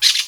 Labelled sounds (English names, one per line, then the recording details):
Brown-throated Parakeet contact call
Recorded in Venezuela
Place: Guárico; Corozopando; Fundo La Fe
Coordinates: 8.506, -67.593